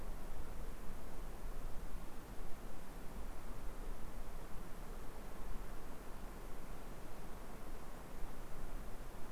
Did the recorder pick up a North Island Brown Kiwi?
no